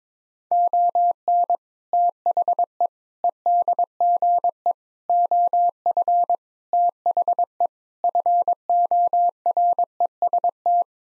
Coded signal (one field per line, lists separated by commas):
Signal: Morse code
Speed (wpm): 22 wpm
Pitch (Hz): 700 Hz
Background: none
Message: ON THE EDGE OF THE FOREST